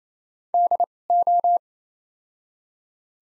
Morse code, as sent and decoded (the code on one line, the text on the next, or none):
-.. / ---
D O